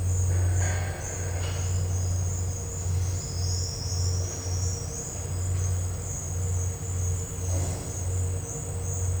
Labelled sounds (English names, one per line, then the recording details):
none
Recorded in dense forest near Puerto Asís, Putumayo, Colombia, on 19 March 2025 at 10:30
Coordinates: 0.468, -76.322
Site GP01